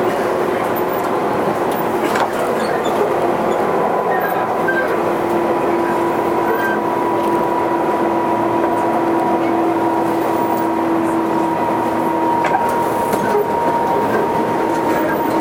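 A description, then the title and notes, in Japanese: Tobu 20000 series train running noise, a steady dense rumble with a sustained whine rising around four seconds and occasional clunks. 東武20000系 普通 西新井から地下鉄上野まで。東武鉄道20000系電車の走行音です。東京地下鉄日比谷線への直通する普通列車で録音しました。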